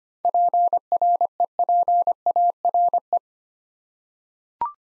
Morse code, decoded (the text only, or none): PREPARE